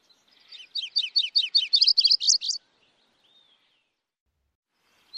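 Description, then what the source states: MacGillivray's Warbler song: a run of several quick burry notes, followed by a faint soft whistle and the start of another phrase. Various song types; the bird favours dense thickets, shrubbery and willows.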